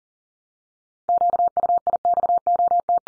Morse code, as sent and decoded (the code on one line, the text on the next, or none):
--.- ..- .. -..- --- -
QUIXOT